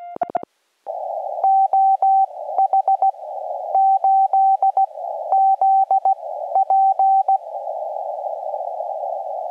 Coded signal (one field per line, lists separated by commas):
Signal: Morse code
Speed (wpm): 16 wpm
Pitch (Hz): 770 Hz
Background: none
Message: OH8ZP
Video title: DX Bonanza!! on Decoded CW POTA Activation using my FT-891